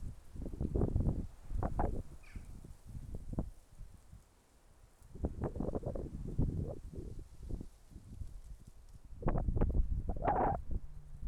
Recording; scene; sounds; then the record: everyday scene through a hearing-aid microphone; wind on the microphone; wind, traffic, birds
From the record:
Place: suburban garden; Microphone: behind the ear, left, rear